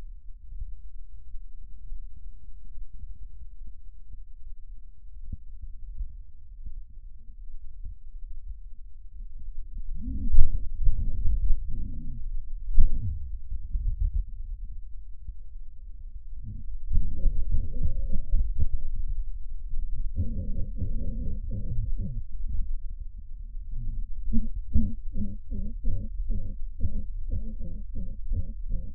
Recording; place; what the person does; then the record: lung sounds by stethoscope; left anterior apical chest; quiet breathing, then cough and speech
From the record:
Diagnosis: pulmonary infection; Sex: male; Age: 74 years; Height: 171 cm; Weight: 80 kg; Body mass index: 27.4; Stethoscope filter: bell mode